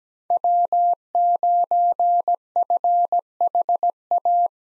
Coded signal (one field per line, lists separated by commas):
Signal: Morse code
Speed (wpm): 17 wpm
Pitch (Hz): 700 Hz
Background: none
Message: W9FHA